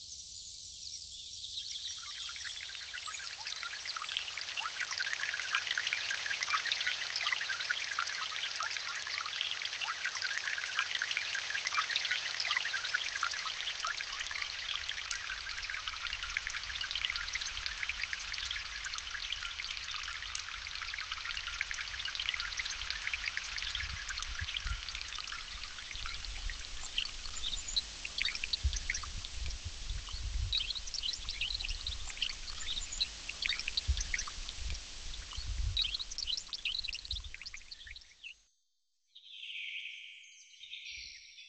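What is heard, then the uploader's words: Steady rain falls in a rainforest, a dense hiss full of quick, bright patters as countless drops strike leaves. Low, soft thuds of heavier drops come through in the second half. Near the end the sound cuts out abruptly, leaving a brief, different fragment. Rainforest.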